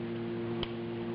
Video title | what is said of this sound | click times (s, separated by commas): BMW Door Panel ReInstall - E38 7 Series - BAVSOUND | you put it in that folds and latches. | 0.6 s